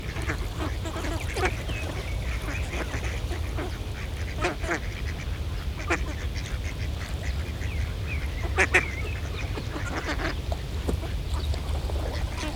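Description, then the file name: Several ducks giving rough quacks at uneven intervals, with a busy cluster near the ninth second, above constant low background rumble. Ducks in a pond. "Eenden in een vijver - Sound Cloud - Beeld en Geluid"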